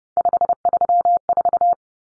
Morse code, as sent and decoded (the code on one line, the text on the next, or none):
..... ...-- ....-
534